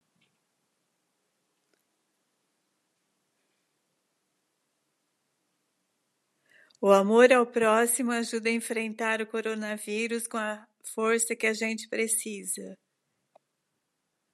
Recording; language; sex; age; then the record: spoken sentence; Brazilian Portuguese; female; 60 to 69 years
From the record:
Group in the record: control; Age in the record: 64 years